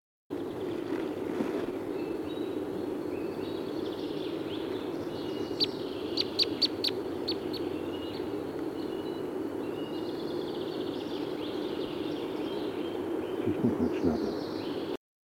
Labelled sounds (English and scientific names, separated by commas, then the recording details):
Red Crossbill (Loxia curvirostra) call
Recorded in the wild
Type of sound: call
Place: Groß Nemerow, Mecklenburg-Vorpommern, DE
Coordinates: 53.345, 13.205
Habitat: Forest
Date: 1982-04-04
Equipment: Nagra III BH, Sennheiser MD 21, parabola
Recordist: Schubert, Michael
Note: Rufe Fichtenkreuzschnabel